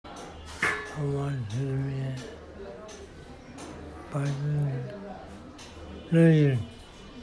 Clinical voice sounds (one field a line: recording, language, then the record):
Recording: elicited speech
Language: Bengali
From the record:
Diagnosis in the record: Broca's or global aphasia after a stroke